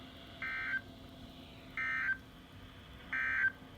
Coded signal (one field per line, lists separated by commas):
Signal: Emergency Alert System (SAME) tones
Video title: Marginal risk from 7/1/20 EAS# 109-118